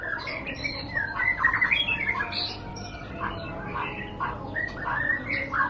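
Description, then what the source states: White-rumped shama song, a dense run of varied whistled and chattering notes with quick trills, continuous and lively throughout, over a steady low background hiss. Lure recording (pancingan) of a classy white-rumped shama song, much sought after as tutoring material (masteran) for training caged birds.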